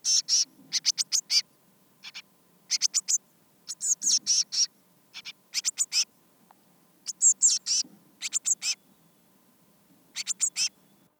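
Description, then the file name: Eurasian blue tit calls: short high scolding notes in quick bursts of a few notes, scattered throughout with brief silences between groups. "Cyanistes caeruleus"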